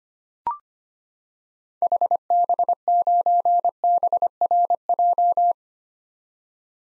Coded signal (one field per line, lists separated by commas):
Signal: Morse code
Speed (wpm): 25 wpm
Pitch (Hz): 700 Hz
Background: none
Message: HB9BRJ